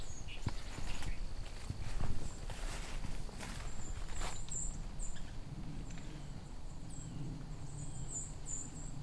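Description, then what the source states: White-throated sparrow seep calls: thin, very high, short notes in a loose scattered series, more frequent toward the end, with footsteps and rustling early on. Seep calls from a fall migration flock on a quiet fall day in a vineyard region.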